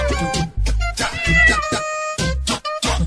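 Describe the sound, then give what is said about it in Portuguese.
A cat meows loudly several times in quick succession, each call a drawn-out, tonal, wavering cry with brief pauses between them and no talking. “Pelo fim da violência contra os gatos e gatas do meu Brasil.”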